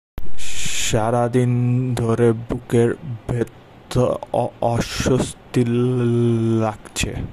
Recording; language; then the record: elicited speech; Bengali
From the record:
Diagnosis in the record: Broca's or global aphasia after a stroke